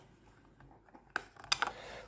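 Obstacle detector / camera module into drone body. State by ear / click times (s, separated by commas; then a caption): seated / 1.2 s, 1.5 s. A plastic obstacle-sensor and camera module with pins is pushed into its slot on the body of a KIF drone, sold at Brico Dépôt. Quiet handling is followed by two sharp, loud snaps at 1.2 s and 1.5 s, then a softer tick. The module clips in and is seated.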